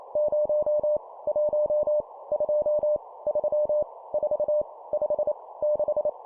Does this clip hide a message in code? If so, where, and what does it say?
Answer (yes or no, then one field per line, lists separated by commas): yes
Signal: Morse code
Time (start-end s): 0.2-6.1 s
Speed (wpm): 28 wpm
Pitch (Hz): 600 Hz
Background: none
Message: 0 1 2 3 4 5 6